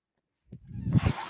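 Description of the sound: After a moment of silence, a soft, low-pitched rush of air swells over about a second and stays at a steady hiss. This is the airflow of a person's own mechanical ventilator pushing a breath.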